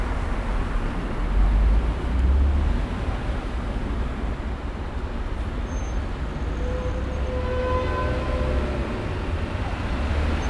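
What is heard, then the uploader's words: Light city traffic hums steadily, a continuous low rumble of passing vehicles that swells slightly around two seconds. Dense, mostly low-pitched road noise fills the scene, and from about six seconds faint tonal whines, perhaps brakes or an engine, drift over it. Light City Traffic in the Summertime.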